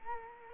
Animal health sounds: mosquito wingbeat signal from an infrared sensor; Culex quinquefasciatus

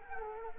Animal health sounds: mosquito wingbeat signal from an infrared sensor; Culex quinquefasciatus

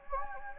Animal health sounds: mosquito wingbeat signal from an infrared sensor; Anopheles gambiae

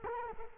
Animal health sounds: mosquito wingbeat signal from an infrared sensor; Culex quinquefasciatus

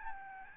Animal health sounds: mosquito wingbeat signal from an infrared sensor; Aedes albopictus

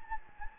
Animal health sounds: mosquito wingbeat signal from an infrared sensor; Anopheles gambiae

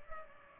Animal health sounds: mosquito wingbeat signal from an infrared sensor; Culex pipiens

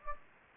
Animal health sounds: mosquito wingbeat signal from an infrared sensor; Anopheles gambiae

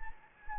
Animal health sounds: mosquito wingbeat signal from an infrared sensor; Anopheles gambiae

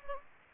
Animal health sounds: mosquito wingbeat signal from an infrared sensor; Anopheles gambiae

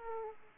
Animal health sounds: mosquito wingbeat signal from an infrared sensor; Aedes aegypti

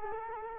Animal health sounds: mosquito wingbeat signal from an infrared sensor; Culex quinquefasciatus

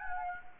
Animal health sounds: mosquito wingbeat signal from an infrared sensor; Anopheles gambiae

